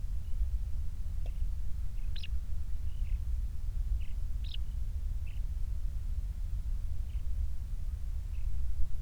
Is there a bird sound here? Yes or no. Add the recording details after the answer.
yes. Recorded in the Prudhoe Bay oil fields, Alaska, on 28 July 2019 at 06:14. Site 25